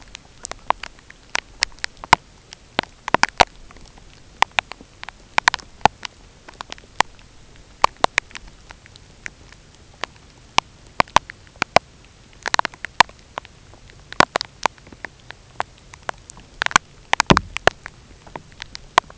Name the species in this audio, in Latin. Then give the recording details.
none. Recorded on Arctic tundra, site UTQI-0, on 13 June 2019. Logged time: 10:00